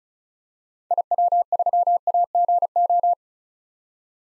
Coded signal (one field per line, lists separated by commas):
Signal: Morse code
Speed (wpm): 36 wpm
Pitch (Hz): 700 Hz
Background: none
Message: IW3AGO